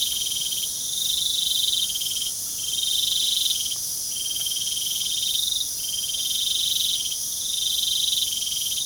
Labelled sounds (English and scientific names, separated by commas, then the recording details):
none
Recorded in pastures near Puerto Asís, Putumayo, Colombia, on 24 June 2025 at 20:30
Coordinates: 0.497, -76.327
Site G040